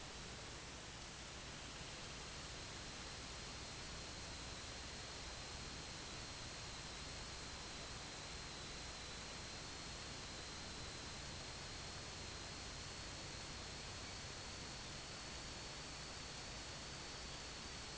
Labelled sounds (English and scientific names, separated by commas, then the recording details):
Semipalmated Sandpiper (Calidris pusilla), unidentified sound
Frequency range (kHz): Semipalmated Sandpiper (Calidris pusilla) 1.0-3.8 kHz
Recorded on Arctic tundra, site IGLO-D, on 17 June 2018
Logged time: 00:00